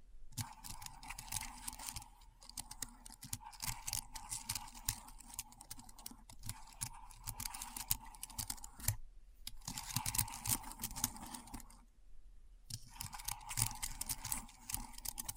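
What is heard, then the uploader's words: Keyboard sounds: a rapid, dense run of clicking keystrokes with a light clatter, steady for long stretches. The typing breaks off briefly near 2, 9 and 12 seconds before resuming, while a faint steady whine sits underneath throughout. ASMR Keyboard Sounds (No Talking).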